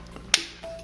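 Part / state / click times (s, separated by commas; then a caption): plastic guide comb onto hair clipper head / seated / 0.3 s. A plastic guide comb is pushed onto the blade head of a cordless rechargeable T-blade hair clipper until it locks in place on the side. A sharp click sounds at 0.3 s, after a faint tap at 0.2 s, and a brief steady tone follows. The comb is seated and locked firmly on.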